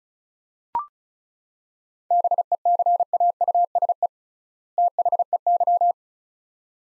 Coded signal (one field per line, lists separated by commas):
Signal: Morse code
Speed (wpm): 34 wpm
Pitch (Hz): 700 Hz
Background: none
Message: BECAUSE THEY